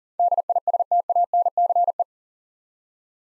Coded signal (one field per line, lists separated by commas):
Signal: Morse code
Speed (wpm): 40 wpm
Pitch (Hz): 700 Hz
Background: none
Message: DISTANCE